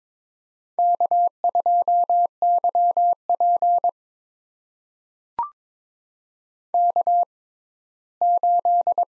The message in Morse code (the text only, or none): K2YP K8